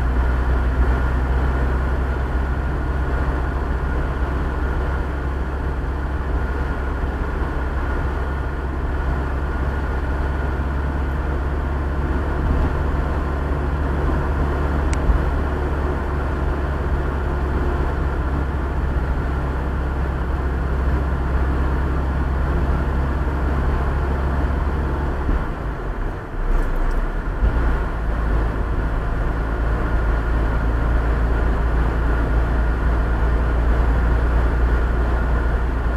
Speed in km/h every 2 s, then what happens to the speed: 49, 52, 53, 53, 53, 55, 56, 56, 56, 54, 53, 53, 54, 53, 54, 54, 56, 57.
0-11 speeds up to 56. 11-36 steady at about 54.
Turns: none.